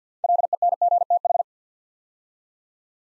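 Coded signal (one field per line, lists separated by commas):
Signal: Morse code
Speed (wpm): 50 wpm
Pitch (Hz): 700 Hz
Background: none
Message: LENGTH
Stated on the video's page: Morse practice building 6-letter words three letters at a time at 50 wpm, for instant character recognition training.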